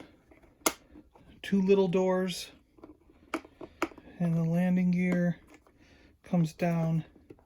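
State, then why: Not seated. Plastic landing gear is being folded down on a Star Wars The Black Series toy snowspeeder, with small doors opening on the vehicle hull. Someone talks while sharp plastic ticks sound at about 0.7, 3.3 and 3.8 seconds. The gear has not popped into place yet; nothing has seated or clicked home.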